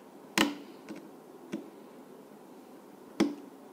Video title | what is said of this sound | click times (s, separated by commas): iPhone 6 Screen Replacement | all click in place | 0.4 s, 3.2 s